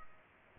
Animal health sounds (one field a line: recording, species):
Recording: mosquito wingbeat signal from an infrared sensor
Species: Culex pipiens